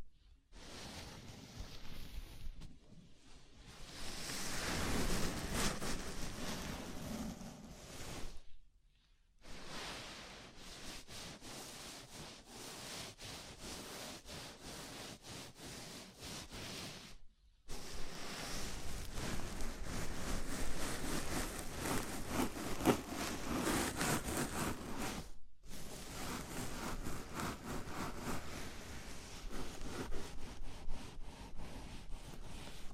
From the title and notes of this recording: ASMR Sleepy Scalp Massage (No Talking).